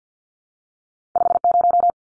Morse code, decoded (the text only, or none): 50